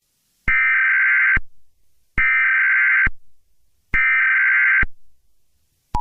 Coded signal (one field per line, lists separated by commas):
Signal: Emergency Alert System (SAME) tones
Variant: header bursts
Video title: EAS Scenario #1: Recipe for Disaster